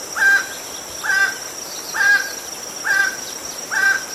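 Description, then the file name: Emerald toucanet producing a measured sequence of hoarse barks, five in four seconds, with insects droning at high pitch. "Canto do tucaninho verde"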